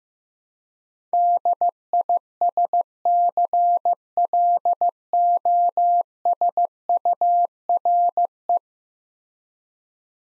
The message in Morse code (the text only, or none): DISCLOSURE